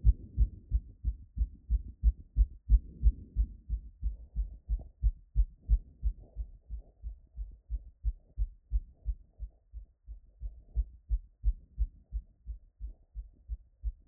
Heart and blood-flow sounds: heart sounds by stethoscope after running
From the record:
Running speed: 5 mph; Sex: female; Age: 18 to 19 years

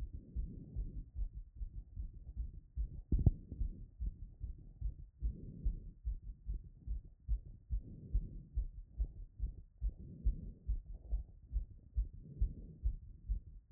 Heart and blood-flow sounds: heart sounds by stethoscope after running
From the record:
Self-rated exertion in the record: light exertion (2 of 6); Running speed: 6 mph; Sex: female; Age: 24 years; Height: 163 cm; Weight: 52 kg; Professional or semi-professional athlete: no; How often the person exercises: 1 to 2 times a week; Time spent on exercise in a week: under 1 hour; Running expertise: no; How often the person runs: 1 to 2 times a week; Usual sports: interval training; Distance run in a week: 5 km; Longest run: 3 km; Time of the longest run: 30 minutes

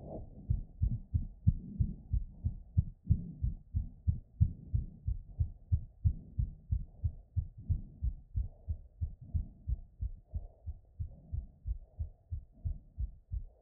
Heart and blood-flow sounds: heart sounds by stethoscope after running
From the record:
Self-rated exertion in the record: very hard exertion (5 of 6); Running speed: 7 mph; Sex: male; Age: 21 years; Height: 168 cm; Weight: 61 kg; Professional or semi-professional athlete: no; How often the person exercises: under once a week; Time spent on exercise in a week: 1 to 2 hours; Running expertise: yes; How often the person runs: under once a week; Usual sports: running, hiking, soccer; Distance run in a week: 0 km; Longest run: 10 km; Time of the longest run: 50 minutes

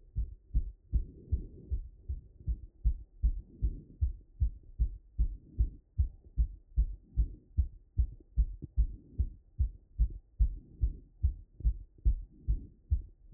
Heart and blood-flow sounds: heart sounds by stethoscope after running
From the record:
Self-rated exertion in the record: moderate exertion (3 of 6); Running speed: 6 mph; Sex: male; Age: 23 years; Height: 170 cm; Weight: 84 kg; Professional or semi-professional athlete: no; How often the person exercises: 3 to 5 times a week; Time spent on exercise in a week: 3 to 4 hours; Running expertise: no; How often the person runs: under once a week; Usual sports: weight training, volleyball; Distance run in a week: 1 km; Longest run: 10 km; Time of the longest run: 67 minutes

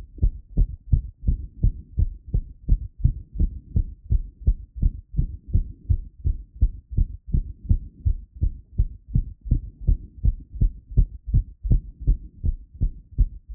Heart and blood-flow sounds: heart sounds by stethoscope after running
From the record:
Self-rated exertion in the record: vigorous exertion (4 of 6); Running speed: 8 mph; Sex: male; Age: 53 years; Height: 181 cm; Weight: 67 kg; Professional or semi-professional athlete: no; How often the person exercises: 3 to 5 times a week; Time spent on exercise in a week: over 5 hours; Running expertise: yes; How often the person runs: 3 to 5 times a week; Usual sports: running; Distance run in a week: 35 km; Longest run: 42.6 km

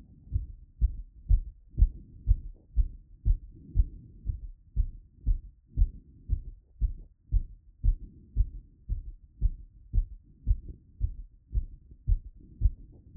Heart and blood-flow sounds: heart sounds by stethoscope after running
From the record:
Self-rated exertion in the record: vigorous exertion (4 of 6); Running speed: 9 mph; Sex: male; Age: 27 years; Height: 185 cm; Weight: 76 kg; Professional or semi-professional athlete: no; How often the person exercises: over 5 times a week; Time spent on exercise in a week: over 5 hours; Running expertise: no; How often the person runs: over 5 times a week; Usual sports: running, weight training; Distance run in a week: 65 km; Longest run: 42 km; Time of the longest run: 214 minutes

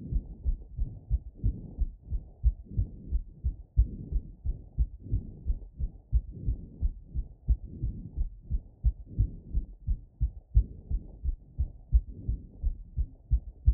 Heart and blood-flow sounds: heart sounds by stethoscope after running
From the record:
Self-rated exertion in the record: vigorous exertion (4 of 6); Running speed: 10 mph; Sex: female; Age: 28 years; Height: 155 cm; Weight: 44 kg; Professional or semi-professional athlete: no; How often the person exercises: 3 to 5 times a week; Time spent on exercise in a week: over 5 hours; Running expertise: yes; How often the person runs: 3 to 5 times a week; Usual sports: running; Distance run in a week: 45 km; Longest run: 32 km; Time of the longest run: 200 minutes

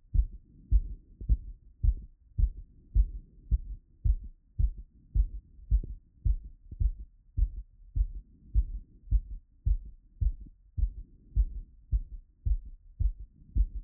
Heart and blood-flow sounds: heart sounds by stethoscope after running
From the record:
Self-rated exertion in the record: moderate exertion (3 of 6); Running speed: 9 mph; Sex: male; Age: 24 years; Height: 175 cm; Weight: 56 kg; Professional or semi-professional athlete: no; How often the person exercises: over 5 times a week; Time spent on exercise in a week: over 5 hours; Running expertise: yes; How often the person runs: over 5 times a week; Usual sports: running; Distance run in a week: 60 km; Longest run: 43 km

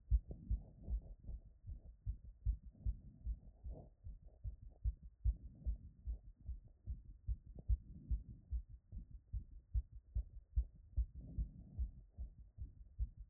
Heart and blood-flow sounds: heart sounds by stethoscope after running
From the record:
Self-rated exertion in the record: moderate exertion (3 of 6); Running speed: 5 mph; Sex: female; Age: 51 years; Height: 160 cm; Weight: 57 kg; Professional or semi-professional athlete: no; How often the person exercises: over 5 times a week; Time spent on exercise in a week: 1 to 2 hours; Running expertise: no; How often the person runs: under once a week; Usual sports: yoga

